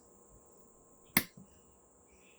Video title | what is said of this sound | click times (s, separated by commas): Ford Focus RS mk3 Fuel filter replacement. Step by step by OEM Denied Performance | till it clicks | 1.2 s